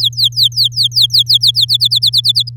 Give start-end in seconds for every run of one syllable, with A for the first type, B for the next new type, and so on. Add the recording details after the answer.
0.00-1.65 A, 1.68-2.49 B. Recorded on 8 May 2018 at 09:02. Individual llb16